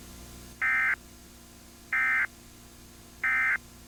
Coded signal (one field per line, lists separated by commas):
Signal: Emergency Alert System (SAME) tones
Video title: SUSCOM Emergency Alert System - Severe Thunderstorm Warning (May 13, 2002)